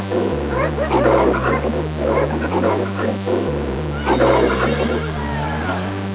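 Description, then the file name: Golden jackals in a yipping, wailing chorus of overlapping high cries in two bursts, with a steady low hum underneath. "szakal"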